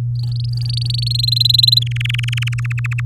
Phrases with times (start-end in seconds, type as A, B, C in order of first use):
0.15-1.08 A, 1.10-1.79 B, 1.82-2.54 C, 2.58-3.01 D, 3.05-3.05 E